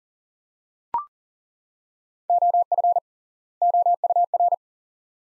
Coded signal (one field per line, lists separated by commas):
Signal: Morse code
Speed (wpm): 40 wpm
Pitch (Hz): 700 Hz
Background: none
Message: OF OUR